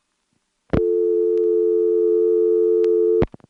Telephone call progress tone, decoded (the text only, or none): dial tone